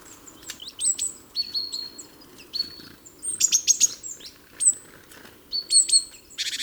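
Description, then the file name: Great tit gives clipped high chirps and flat whistled notes, broken by a couple of dry rattling buzzes, the calls coming in irregular bunches. "Parus major"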